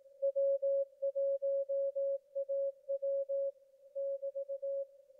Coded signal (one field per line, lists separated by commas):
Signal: Morse code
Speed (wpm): 18 wpm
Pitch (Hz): 550 Hz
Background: none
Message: W1AW <BT>